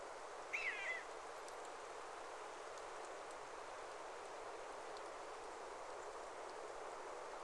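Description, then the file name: Eurasian jay giving a single short call near the start, then a long stretch of steady background hiss with no further calls. "Garrulus glandarius"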